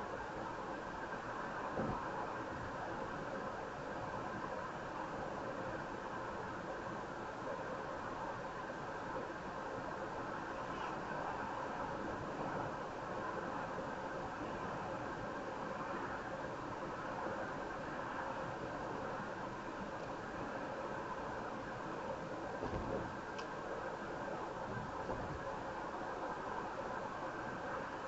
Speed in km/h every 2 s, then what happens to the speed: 100, 103, 100, 100, 101, 103, 103, 103, 103, 103, 105, 103, 103, 101.
0-28 steady at about 103.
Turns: none.